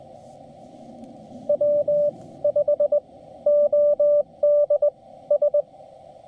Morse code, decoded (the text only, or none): W5ODS